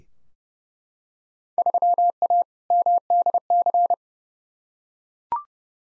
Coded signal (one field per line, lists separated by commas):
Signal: Morse code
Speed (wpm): 30 wpm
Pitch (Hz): 700 Hz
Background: none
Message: 3A MDC